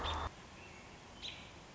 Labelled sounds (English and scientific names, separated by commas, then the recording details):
American Robin (Turdus migratorius)
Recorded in Sonoma County, California